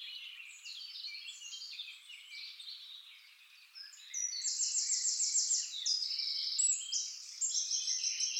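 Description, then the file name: Eurasian wren song: after softer twittering, a fast, high rattling trill bursts out midway and runs on into further loud trilled phrases. "Troglodytes troglodytes"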